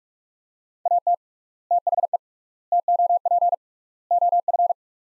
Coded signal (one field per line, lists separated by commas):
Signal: Morse code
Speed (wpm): 47 wpm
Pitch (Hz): 700 Hz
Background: none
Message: AT THE TOP OF